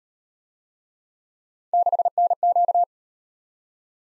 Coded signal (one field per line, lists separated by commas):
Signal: Morse code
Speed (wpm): 36 wpm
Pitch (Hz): 700 Hz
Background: none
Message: 6NQ